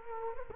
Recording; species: mosquito wingbeat signal from an infrared sensor; Culex quinquefasciatus